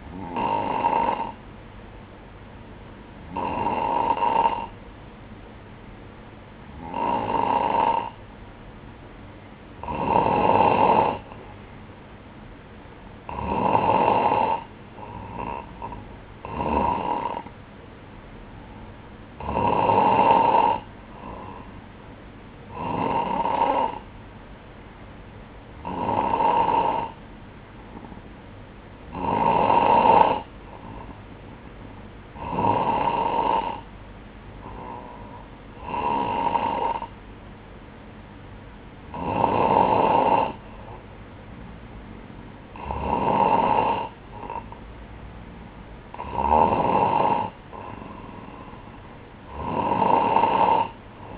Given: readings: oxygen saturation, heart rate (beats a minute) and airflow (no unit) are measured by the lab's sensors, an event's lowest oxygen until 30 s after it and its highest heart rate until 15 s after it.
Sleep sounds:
breathing in sleep by a voice recorder at the bedside; none
none scored
From the record:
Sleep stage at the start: N2 (light sleep); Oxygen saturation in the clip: 93 to 95%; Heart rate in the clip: 59 to 64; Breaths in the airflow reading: 16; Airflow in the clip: -10.0 to 4.7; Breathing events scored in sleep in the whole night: 180 in 6.7 hours asleep

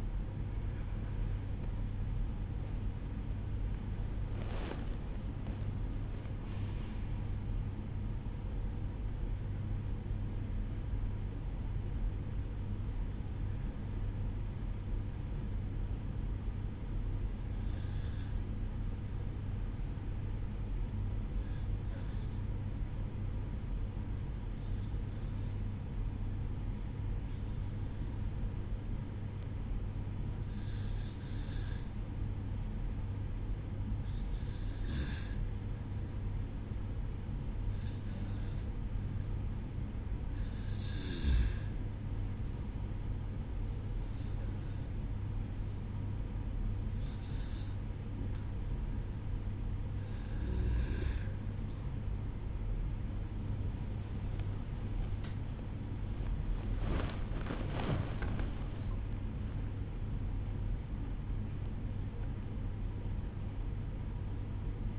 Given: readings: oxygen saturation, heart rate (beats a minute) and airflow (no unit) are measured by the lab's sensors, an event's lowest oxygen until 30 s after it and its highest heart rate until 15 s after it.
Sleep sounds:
breathing in sleep by a smartphone at the bedside; 1
16.00-59.60 s: hypopnea (REM, oxygen 96% highest, then 95% lowest, heart rate 58 at the start, 74 highest)
45.00-64.99 s: new sleep stage, N1 (lightest sleep)
From the record:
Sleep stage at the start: REM sleep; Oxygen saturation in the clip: 94 to 96%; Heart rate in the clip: 54 to 74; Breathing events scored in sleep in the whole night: 305 in 9.6 hours asleep

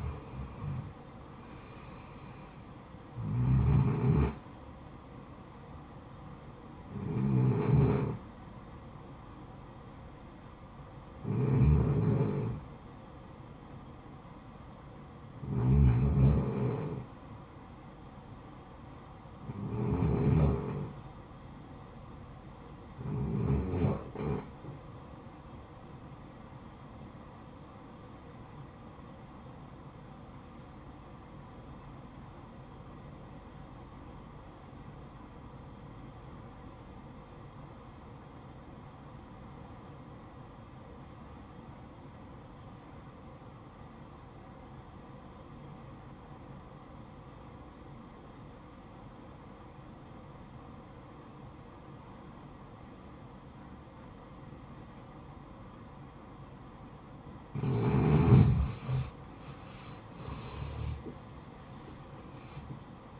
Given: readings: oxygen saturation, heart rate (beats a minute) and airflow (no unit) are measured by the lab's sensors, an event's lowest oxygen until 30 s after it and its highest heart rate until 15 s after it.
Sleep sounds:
breathing in sleep by a smartphone at the bedside; 1
29.00-58.90 s: obstructive apnea (REM, oxygen 94% highest, then 87% lowest, heart rate 63 at the start, 82 highest)
From the record:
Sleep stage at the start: REM sleep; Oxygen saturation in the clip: 79 to 94%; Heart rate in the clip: 50 to 72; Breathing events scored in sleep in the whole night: 573 in 9.8 hours asleep

